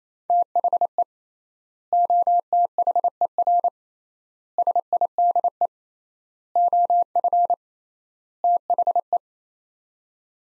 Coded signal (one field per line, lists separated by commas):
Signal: Morse code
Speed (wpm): 27 wpm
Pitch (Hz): 700 Hz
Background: none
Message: THE OTHER SIDE OF THE